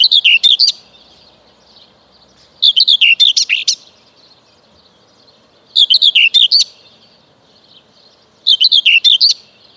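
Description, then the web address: Common whitethroat song: four short, hurried scratchy warbles of rapid chattering notes, each about a second long, repeated roughly every three seconds. "Kurs PTTK Kurs materiały Przyroda Ptaki Cierniówka"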